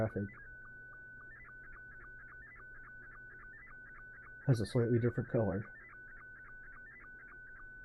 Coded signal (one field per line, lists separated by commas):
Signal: SSTV (slow-scan television)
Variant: Scottie 2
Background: speech